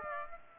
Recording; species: mosquito wingbeat signal from an infrared sensor; Aedes aegypti